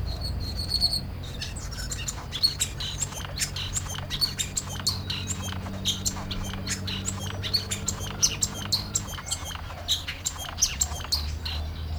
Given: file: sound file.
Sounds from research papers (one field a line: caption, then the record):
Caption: Song of Ursulo Galván lek.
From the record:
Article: Acoustic Divergence with Gene Flow in a Lekking Hummingbird with Complex Songs